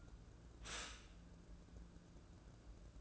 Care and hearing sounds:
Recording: daily activity, microphone in the room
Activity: stop toaster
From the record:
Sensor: 2

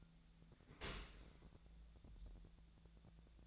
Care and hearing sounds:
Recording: daily activity, microphone in the room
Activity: open dishwasher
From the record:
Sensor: 3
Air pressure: 1000.5 hPa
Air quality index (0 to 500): 175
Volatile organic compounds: 3 ppm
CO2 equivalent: 1513 ppm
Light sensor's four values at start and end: 14/37/15/16 and 14/37/15/16

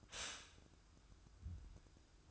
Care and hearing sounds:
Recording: daily activity, microphone in the room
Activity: stop toaster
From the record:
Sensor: 2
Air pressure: 1006.9 hPa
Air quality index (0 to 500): 45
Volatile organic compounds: 1 ppm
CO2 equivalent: 553 ppm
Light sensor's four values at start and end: 7/16/7/7 and 7/16/7/7

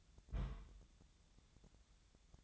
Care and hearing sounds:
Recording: daily activity, microphone in the room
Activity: place on stove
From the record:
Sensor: 3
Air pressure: 999.2 hPa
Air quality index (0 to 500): 198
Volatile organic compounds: 46 ppm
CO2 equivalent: 3235 ppm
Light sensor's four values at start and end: 7/17/7/6 and 7/17/7/6

